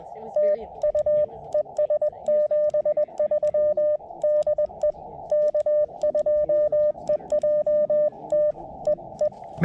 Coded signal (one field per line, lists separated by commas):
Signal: Morse code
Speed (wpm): 20 wpm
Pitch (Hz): 590 Hz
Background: speech, radio noise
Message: TU ES 73 DE K2EJT EE